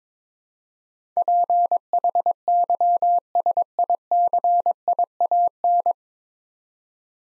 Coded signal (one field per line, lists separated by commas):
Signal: Morse code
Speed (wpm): 22 wpm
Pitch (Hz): 700 Hz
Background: none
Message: PHYSICIAN